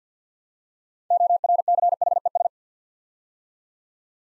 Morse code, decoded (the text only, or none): ORCHES